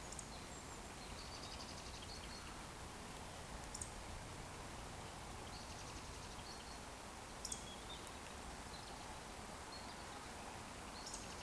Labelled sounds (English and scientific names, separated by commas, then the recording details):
Eurasian Woodcock (Scolopax rusticola) whistle
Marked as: whistle, whistle, whistle, whistle
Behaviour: display flight
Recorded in Baden-Württemberg, Germany, on 15 June 2020 at 19:22 UTC
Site 14569, 102 m above sea level